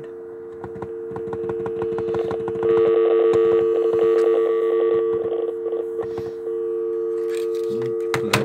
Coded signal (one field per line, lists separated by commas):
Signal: telephone call progress tone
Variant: UK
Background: speech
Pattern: dial tone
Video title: How To Video on... How to Make a Phone Call on a Deactivated Amstrad E3 Em@iler Video Phone.